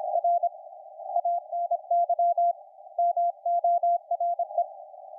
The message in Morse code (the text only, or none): R ANY MORE